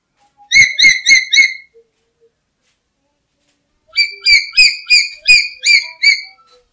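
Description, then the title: Black-capped lory calls: a quick run of four harsh, ringing notes, a pause of about two seconds, then a longer series of about eight similar notes. "Nuri merah kepala hitam"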